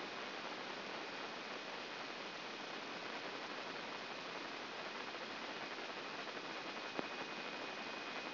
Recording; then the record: brain microelectrode recording played as sound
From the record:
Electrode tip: inside the subthalamic nucleus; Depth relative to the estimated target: 0 mm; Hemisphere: left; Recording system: AlphaMap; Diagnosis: Parkinson's disease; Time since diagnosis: 11 years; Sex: male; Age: 56 years